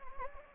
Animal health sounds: mosquito wingbeat signal from an infrared sensor; Anopheles gambiae

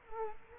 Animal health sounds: mosquito wingbeat signal from an infrared sensor; Culex quinquefasciatus

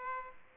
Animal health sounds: mosquito wingbeat signal from an infrared sensor; Aedes aegypti

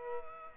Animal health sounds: mosquito wingbeat signal from an infrared sensor; Culex pipiens

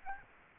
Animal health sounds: mosquito wingbeat signal from an infrared sensor; Aedes aegypti

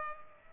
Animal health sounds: mosquito wingbeat signal from an infrared sensor; Culex pipiens

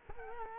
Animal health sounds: mosquito wingbeat signal from an infrared sensor; Culex quinquefasciatus

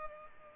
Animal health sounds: mosquito wingbeat signal from an infrared sensor; Culex pipiens

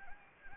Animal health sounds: mosquito wingbeat signal from an infrared sensor; Anopheles gambiae

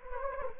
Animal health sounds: mosquito wingbeat signal from an infrared sensor; Anopheles gambiae

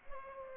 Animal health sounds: mosquito wingbeat signal from an infrared sensor; Culex pipiens

